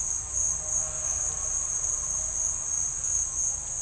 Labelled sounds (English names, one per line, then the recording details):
none
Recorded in dense forest near Puerto Asís, Putumayo, Colombia, on 18 December 2024 at 10:30
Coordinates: 0.481, -76.323
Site G100